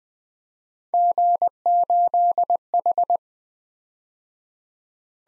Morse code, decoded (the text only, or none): G8H